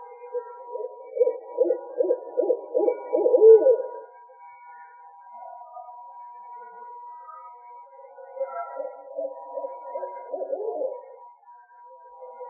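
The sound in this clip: Owl hooting: a rapid, quavering run of low hoots for about four seconds, then a softer second run after a pause, over a steady faint hum.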